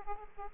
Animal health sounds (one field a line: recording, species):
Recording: mosquito wingbeat signal from an infrared sensor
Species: Aedes aegypti